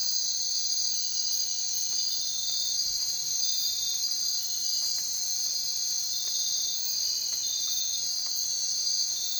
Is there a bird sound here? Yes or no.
no